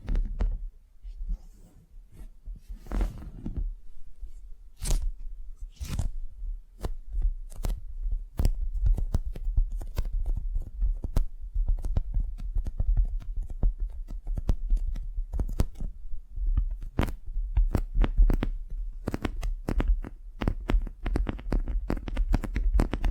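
A tingly wax facial spa treatment: a quick run of sharp crackles, snaps and sticky peeling sounds over a steady low rumble. The snaps come sparse at first, then grow dense and rapid from about seven seconds on, with occasional scratchy rubbing between them.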